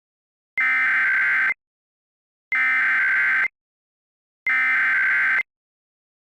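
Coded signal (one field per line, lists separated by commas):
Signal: Emergency Alert System (SAME) tones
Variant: header bursts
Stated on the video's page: Mock EAS alert for a nuclear disaster, a remastered recreation.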